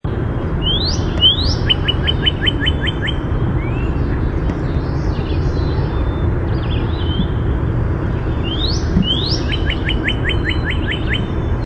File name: NOCA song